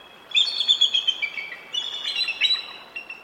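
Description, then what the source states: Bald Eagle giving loud, high piping notes strung into a rapid chittering run. Adult Bald Eagles, heard in a piece on the courtship cartwheel display, where pairs lock talons high in flight and tumble; rivals competing for mates or territory also do it.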